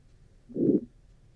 One murmur called an aortic stenosis. Slowly gets louder, comes to a peak, then slowly gets softer. So it goes up and then it comes down. It's like a diamond-shaped murmur.